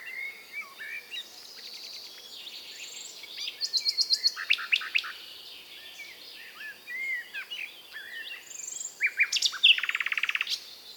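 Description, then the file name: Common nightingale song: varied phrases of high chirps and slurred whistles, broken by fast buzzy rattling bursts around four and ten seconds. "British Library - European Nightingale(Luscinia megarhynchos)"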